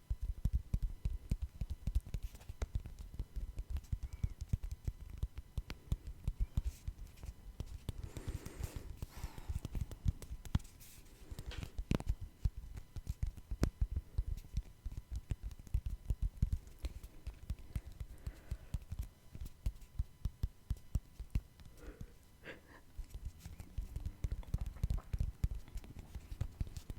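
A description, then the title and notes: Tapping goes on without pause, a dense run of quick, uneven taps that sound mostly low and dull, with a few brighter clicks standing out. The pace stays busy throughout, with slightly sharper bursts around ten to twelve seconds and again near twenty-two. Tapping No Talking.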